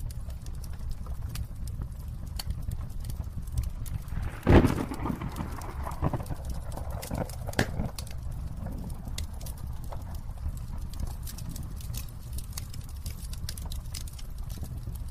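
A fire crackles and pops over a steady low rumble, with sharp dry ticks scattered densely throughout. One louder snap stands out around four and a half seconds, followed by a short burst of busier crackling before the even pattern resumes.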